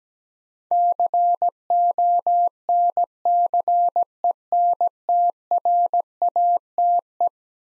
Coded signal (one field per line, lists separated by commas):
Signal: Morse code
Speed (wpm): 17 wpm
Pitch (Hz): 700 Hz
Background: none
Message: CONCENTRATE